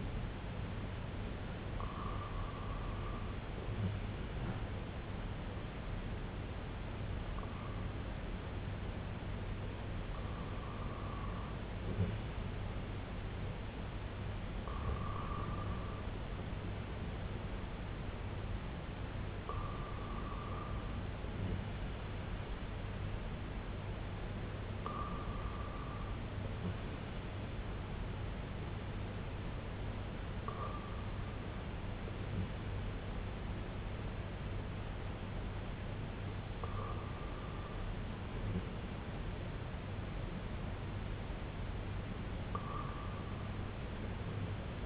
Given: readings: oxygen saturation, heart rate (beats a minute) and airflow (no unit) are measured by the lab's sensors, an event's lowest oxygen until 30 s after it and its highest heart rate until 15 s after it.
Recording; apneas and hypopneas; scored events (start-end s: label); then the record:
breathing in sleep by a voice recorder at the bedside; 1
4.00-18.10 s: hypopnea (REM, oxygen 97% highest, then 94% lowest, heart rate 60 at the start, 71 highest)
From the record:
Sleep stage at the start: REM sleep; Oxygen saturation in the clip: 94 to 98%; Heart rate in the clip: 57 to 71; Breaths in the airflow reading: 7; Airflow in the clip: -5.4 to 3.4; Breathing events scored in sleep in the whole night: 258 in 7.4 hours asleep